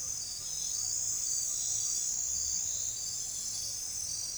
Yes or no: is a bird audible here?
no